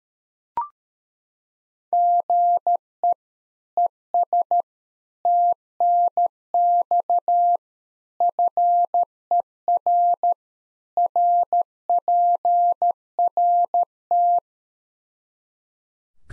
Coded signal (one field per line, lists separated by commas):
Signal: Morse code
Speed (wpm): 13 wpm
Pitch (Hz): 700 Hz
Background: none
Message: GE ES TNX FER RPRT